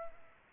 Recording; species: mosquito wingbeat signal from an infrared sensor; Culex pipiens